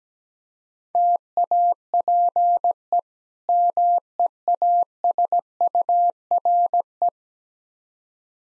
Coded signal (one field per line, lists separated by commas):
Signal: Morse code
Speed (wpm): 17 wpm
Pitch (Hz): 700 Hz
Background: none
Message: TAPE MEASURE